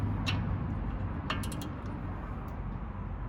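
Brake caliper retaining nuts on the wheel hub studs, already snugged with a ratchet, are tightened with a click-type torque wrench set to 30 ft-lb. Over a steady low rumble, a few short sharp metallic hits sound, the strongest at 1.3 s, where the wrench clicks at its setting.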